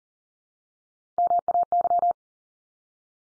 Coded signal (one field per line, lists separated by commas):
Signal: Morse code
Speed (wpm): 40 wpm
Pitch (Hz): 700 Hz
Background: none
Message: MAY